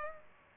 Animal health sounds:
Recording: mosquito wingbeat signal from an infrared sensor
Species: Culex pipiens

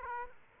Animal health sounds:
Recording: mosquito wingbeat signal from an infrared sensor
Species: Aedes aegypti

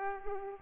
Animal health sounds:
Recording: mosquito wingbeat signal from an infrared sensor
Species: Culex pipiens

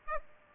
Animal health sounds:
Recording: mosquito wingbeat signal from an infrared sensor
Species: Aedes aegypti

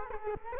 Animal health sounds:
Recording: mosquito wingbeat signal from an infrared sensor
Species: Culex quinquefasciatus

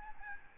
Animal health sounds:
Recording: mosquito wingbeat signal from an infrared sensor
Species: Aedes albopictus

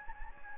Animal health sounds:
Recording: mosquito wingbeat signal from an infrared sensor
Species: Anopheles gambiae

